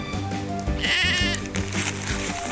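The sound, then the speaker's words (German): Sheep on a heath bleating repeatedly in a loud, wavering chorus, several overlapping calls with a nasal, quavering pitch, with no talking. “Ab und zu Schafe, die man beschützen kann.”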